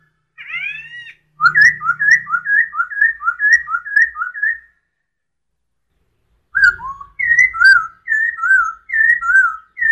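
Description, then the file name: Masked laughingthrush song: a brief rising flourish, then a quick run of paired whistled notes swinging between two pitches, a pause, and another similar run; low thumps underneath. Song given during the dance display, described in Indonesian as suara tarian. "suara tarian poksay hongkong"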